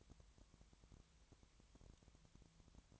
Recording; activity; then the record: daily activity, microphone in the room; no activity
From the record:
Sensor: 3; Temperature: 20.5 degrees Celsius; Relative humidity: 32.9%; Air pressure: 1003.2 hPa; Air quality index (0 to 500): 106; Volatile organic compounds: 2 ppm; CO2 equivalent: 1073 ppm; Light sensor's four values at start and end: 2/3/2/2 and 2/3/2/2